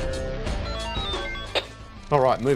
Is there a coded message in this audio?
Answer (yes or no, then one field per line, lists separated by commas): no